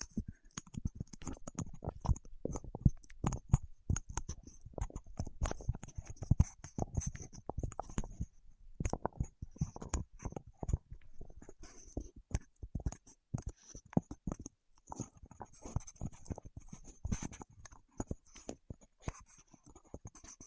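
Wax-coated fingertips make a dense stream of soft, sticky taps and crackles, quick and irregular, with crisp clicks on top. The sound pauses briefly around eight to nine seconds, then resumes with the same busy, uneven patter through the end.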